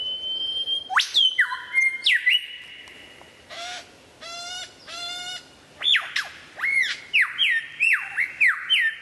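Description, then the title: White-rumped shama song opening with sharp rising and falling whistles, a pair of rattling buzzy bursts, then repeated looping whistled phrases. Described as the best murai batu of 2014; a mastering (song-tutor) recording for training other birds. "mster Mnuk. Mastering Murai Batu"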